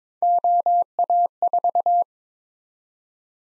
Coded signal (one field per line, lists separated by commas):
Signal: Morse code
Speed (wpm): 22 wpm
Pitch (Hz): 700 Hz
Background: none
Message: OA4